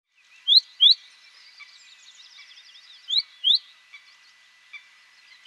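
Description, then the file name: Great tit calling with paired sharp rising notes, given twice, separated by soft chattering and a brief buzzy phrase. "Parus major"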